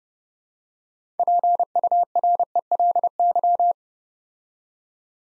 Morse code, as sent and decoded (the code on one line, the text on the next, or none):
.--. ..- .-. . .-.. -.--
PURELY